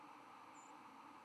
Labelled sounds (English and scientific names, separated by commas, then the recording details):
White-throated Sparrow (Zonotrichia albicollis) flight call
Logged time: 04:38 on 11 November 2014